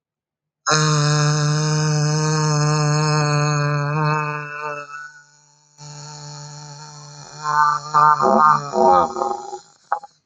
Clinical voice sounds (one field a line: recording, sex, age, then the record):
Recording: vowel held as long as possible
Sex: female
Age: 30 to 39 years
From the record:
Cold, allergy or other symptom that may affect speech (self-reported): no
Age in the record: 36 years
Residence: North Carolina, United States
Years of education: 16